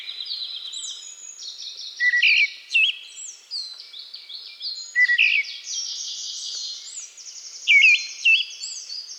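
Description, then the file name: Eyebrowed thrush calling: sharp high whistles and short downslurred notes over a steady backdrop of many overlapping thin calls, with louder notes near the second, fifth and eighth seconds. "Eyebrowed Thrush Turdus obscurus"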